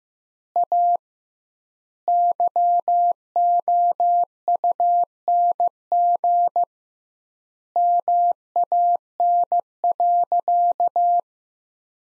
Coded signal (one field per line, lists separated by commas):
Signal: Morse code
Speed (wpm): 15 wpm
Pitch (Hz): 700 Hz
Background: none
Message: A YOUNG MAN.